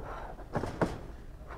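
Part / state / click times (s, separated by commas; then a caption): plastic modular storage box onto stacked storage unit / seated / 0.8 s. A plastic modular storage box is set down onto a stacked storage unit with a dull thunk near 0.6 s, followed by a short, sharp latch click at 0.8 s. The box locks into place on the unit below.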